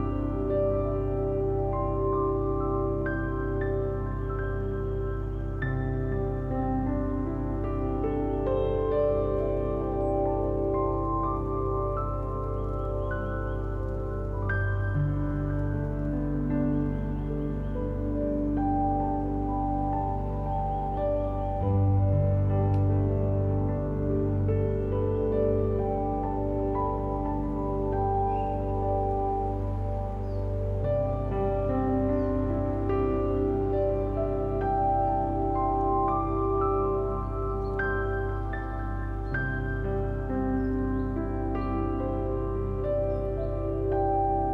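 Gentle piano music plays at an even, unhurried level, with notes ringing into one another over a warm, sustained bed of chords. Deep bass notes shift every several seconds, and light higher notes sound out at a slow, irregular pace.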